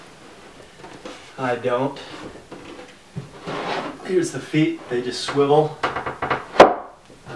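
A wooden fold-out foot on a Murphy bed frame is swung down on its swivel while someone talks. A few small knocks come just before 6.6 s, when the foot locks into place with a sharp wooden knock.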